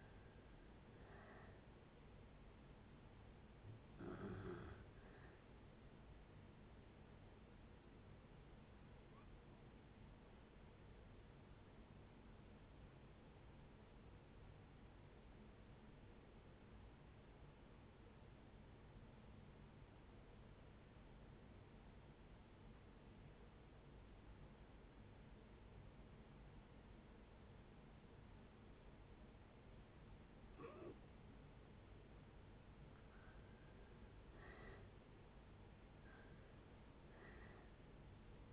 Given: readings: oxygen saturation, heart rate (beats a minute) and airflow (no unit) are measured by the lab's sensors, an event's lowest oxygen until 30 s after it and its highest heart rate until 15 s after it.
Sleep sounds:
breathing in sleep by a voice recorder at the bedside; 1
12.00-32.40 s: obstructive apnea (N1, oxygen 95% highest, then 76% lowest, heart rate 63 at the start, 74 highest)
From the record:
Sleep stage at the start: N1 (lightest sleep); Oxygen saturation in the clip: 71 to 95%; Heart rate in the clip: 61 to 74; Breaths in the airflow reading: 6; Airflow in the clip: -7.5 to 5.9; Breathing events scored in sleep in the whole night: 496 in 5.4 hours asleep

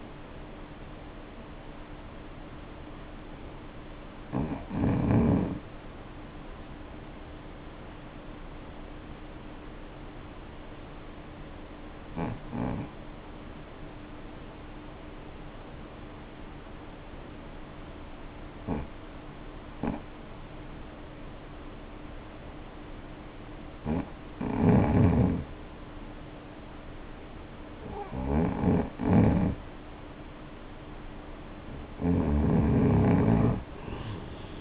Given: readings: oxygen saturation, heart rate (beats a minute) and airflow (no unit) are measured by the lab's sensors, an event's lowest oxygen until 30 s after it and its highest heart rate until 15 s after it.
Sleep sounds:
breathing in sleep by a voice recorder at the bedside; 1
4.00-34.61 s: new sleep stage, N2 (light sleep)
9.00-26.30 s: obstructive apnea (N2, oxygen 96% highest, then 85% lowest, heart rate 54 at the start, 58 highest)
From the record:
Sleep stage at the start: REM sleep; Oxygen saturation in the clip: 71 to 96%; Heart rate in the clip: 50 to 58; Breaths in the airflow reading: 7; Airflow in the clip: -0.7 to 0.7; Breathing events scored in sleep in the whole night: 520 in 7.2 hours asleep

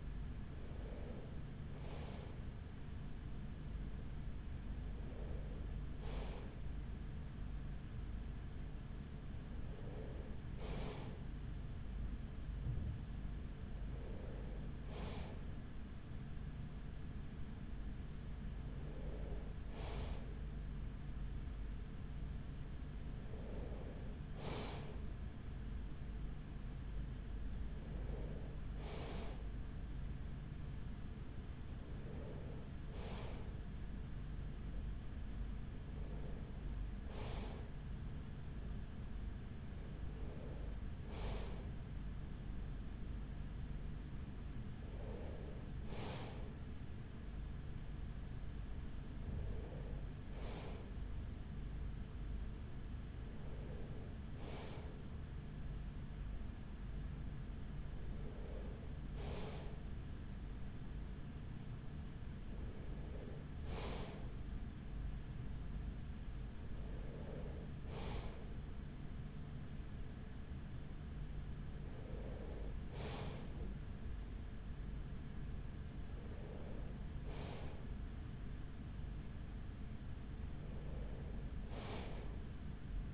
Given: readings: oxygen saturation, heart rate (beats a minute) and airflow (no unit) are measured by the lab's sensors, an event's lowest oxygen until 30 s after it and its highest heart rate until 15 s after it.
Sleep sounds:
breathing in sleep by a smartphone at the bedside; none
none scored
From the record:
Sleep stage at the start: N3 (deep sleep); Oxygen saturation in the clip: 94%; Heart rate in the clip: 42 to 44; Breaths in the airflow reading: 19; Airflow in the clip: -6.5 to 5.7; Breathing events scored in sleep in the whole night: 207 in 7.6 hours asleep

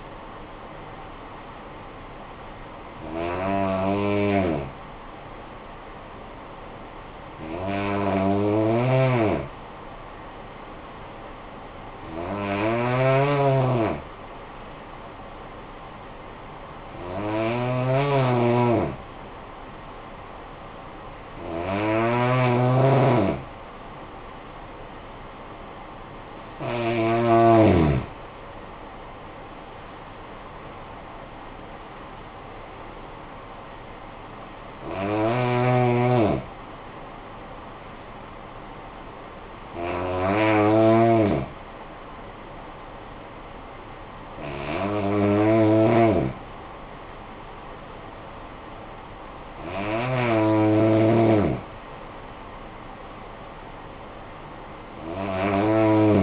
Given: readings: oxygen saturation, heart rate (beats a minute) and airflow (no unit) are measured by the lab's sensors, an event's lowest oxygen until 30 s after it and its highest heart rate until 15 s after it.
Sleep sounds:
breathing in sleep by a voice recorder at the bedside; 1
4.00-28.10 s: hypopnea (N2, oxygen 95% highest, then 92% lowest, heart rate 51 at the start, 72 highest)
21.00-56.22 s: new sleep stage, N1 (lightest sleep)
From the record:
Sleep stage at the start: N2 (light sleep); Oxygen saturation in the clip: 92 to 95%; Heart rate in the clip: 48 to 72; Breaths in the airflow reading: 11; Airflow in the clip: -11.7 to 13.3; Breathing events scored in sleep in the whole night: 445 in 7.6 hours asleep

